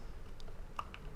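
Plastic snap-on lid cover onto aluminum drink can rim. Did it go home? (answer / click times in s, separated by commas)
no / none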